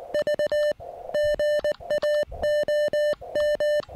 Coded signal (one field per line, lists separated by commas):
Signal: Morse code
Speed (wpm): 19 wpm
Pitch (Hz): 600 Hz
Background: music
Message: V GA OM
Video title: How I evaluate a new POTA site plus serious QRP fun with my new-to-me Elecraft KX1